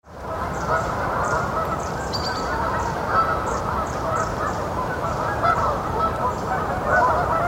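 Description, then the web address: Canada goose: canada geese honking in a dense, continuous chorus of overlapping nasal calls, many birds calling at once with no pauses. "Ian Hubball Canada Geese"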